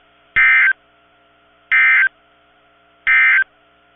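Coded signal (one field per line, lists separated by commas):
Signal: Emergency Alert System (SAME) tones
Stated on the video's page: Severe storm alerts from NOAA Weather Radio stations in Kentucky and Ohio.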